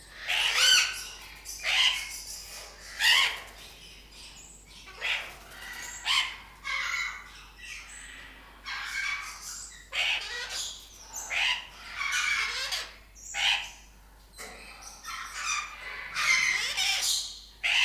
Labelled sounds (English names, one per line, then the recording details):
Blue-winged Macaw call
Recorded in captivity
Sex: group
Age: adult
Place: Zoo Berlin, Berlin, DE
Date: 1997-11-22 11:31
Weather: overcast, ca.1°C
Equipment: Nagra SN, Kopie Uher 4000 Report Monitor
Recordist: Tembrock, Günter